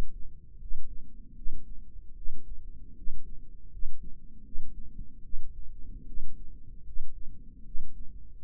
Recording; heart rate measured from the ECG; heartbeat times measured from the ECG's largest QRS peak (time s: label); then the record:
heart sounds by microphone in the right ear; 77 bpm
0.59 s: heartbeat
1.35 s: heartbeat
2.15 s: heartbeat
2.95 s: heartbeat
3.70 s: heartbeat
4.43 s: heartbeat
5.23 s: heartbeat
6.06 s: heartbeat
6.84 s: heartbeat
7.64 s: heartbeat
From the record:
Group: healthy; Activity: rest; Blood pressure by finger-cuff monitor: 102/63 mmHg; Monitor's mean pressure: 74 mmHg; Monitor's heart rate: 79 bpm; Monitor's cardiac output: 6.3 L/min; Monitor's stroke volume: 82 mL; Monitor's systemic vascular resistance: 850 dyn s/cm5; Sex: female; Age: 22 years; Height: 163 cm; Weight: 67.1 kg